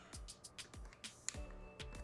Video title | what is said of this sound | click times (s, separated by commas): Miracle fix for a Broken Icemaker - No ice, No Problem- | and it should just snap into place there there it is | 1.3 s